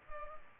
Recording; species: mosquito wingbeat signal from an infrared sensor; Culex pipiens